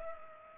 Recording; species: mosquito wingbeat signal from an infrared sensor; Culex pipiens